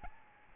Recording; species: mosquito wingbeat signal from an infrared sensor; Aedes albopictus